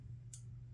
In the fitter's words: and there it is locked into place